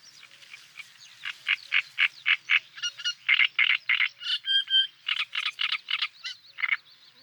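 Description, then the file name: Great reed warbler song of rasping, croaky repeated syllables mixed with higher squeaky whistles, ending in a softer chatter. "Trastsångare"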